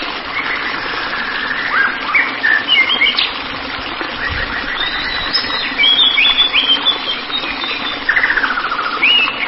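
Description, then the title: White-rumped shama song of sliding whistles, quick rattling trills and sharp high notes, delivered in irregular bursts against steady hiss. "Kicau Murai Batu"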